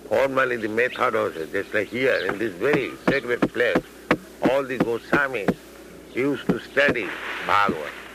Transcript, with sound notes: Formerly the method was... Just like here, in this very sacred place, [taps podium] all the Gosvāmīs used to study Bhāgavatam